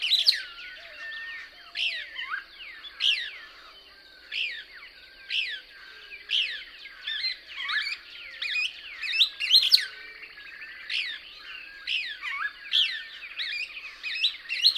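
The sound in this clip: Couch's Kingbird twittering song, quick high slurred notes in rapid bursts roughly every second.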